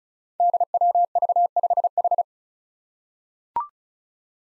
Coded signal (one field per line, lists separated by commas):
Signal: Morse code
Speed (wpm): 36 wpm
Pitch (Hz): 700 Hz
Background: none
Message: DWV5H